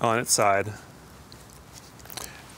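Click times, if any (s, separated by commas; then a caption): 2.2 s. Someone talks briefly at the start. Then a Phase One digital back, turned on its side, is refitted to a Hasselblad V medium-format camera body in vertical orientation, with faint handling ticks. A cluster of short, sharp clicks follows as the back locks into place at 2.2 s.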